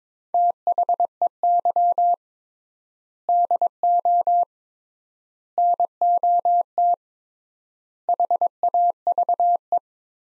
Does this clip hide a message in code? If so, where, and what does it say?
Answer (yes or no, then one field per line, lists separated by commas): yes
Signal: Morse code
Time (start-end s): 0.3-9.8 s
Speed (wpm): 22 wpm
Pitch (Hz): 700 Hz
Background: none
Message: THEY DO NOT HAVE